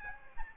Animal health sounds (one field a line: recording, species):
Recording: mosquito wingbeat signal from an infrared sensor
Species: Aedes albopictus